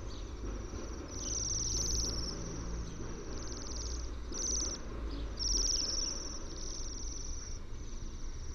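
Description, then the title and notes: Bohemian waxwing calls: high, ringing trills in short bursts, against a continuous low hum of background noise. "Sidensvans by forskningno"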